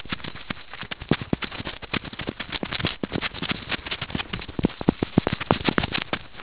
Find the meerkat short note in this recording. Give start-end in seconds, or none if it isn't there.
none